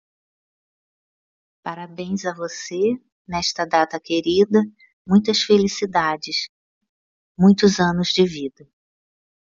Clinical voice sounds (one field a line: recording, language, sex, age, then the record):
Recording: short text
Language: Brazilian Portuguese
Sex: female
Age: 60 to 69 years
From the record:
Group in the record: control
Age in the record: 60 years